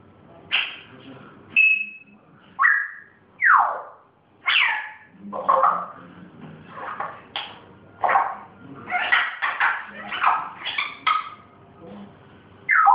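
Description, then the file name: Grey parrot producing a busy series of whistles, squawks and chattering notes, roughly one per second, some rising and falling. Pet grey parrot recorded making its first sounds. "zoro zhako popugay pervye zvuki"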